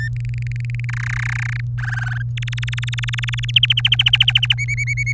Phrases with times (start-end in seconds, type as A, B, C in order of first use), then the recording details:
0.16-0.85 A, 0.89-1.60 B, 1.78-2.22 C, 2.37-3.51 D, 3.56-4.54 E, 4.58-5.12 F. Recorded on 23 April 2018 at 17:21. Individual llb3